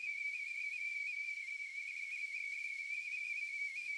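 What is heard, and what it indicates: Simulated tinnitus: a steady, high-pitched whistling tone with a faint hiss around it, like a tea kettle going off.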